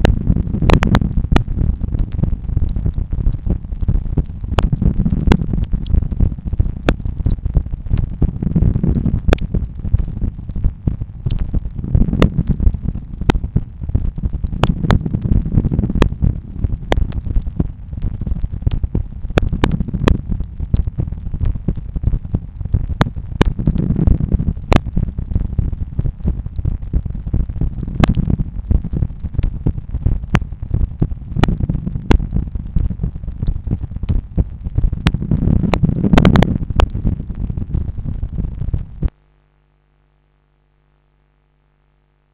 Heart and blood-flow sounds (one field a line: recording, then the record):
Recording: heart sounds by stethoscope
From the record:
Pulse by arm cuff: 92 bpm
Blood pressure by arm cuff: 116/70 mmHg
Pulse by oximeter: 94 bpm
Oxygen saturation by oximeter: 97%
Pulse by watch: 92 bpm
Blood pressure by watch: 113/75 mmHg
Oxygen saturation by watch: 97%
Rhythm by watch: sinus rhythm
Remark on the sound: wave loud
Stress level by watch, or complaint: medium stress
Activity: after office activities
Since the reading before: plus 200 steps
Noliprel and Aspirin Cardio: after pills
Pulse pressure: 46 mmHg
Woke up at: 6:50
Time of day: 13:25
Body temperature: 36.4 C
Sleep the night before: 8 h 16 min, score 66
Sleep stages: REM 20%, light 64%, deep 6%, awake 10%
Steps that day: 6850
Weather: sunny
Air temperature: 20.6 C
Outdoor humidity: 85%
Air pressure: 1007 hPa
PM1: 1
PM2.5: 2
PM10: 2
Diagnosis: hypertension, treated with Noliprel and Aspirin Cardio 100 mg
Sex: male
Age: 53 years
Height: 174 cm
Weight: 81 kg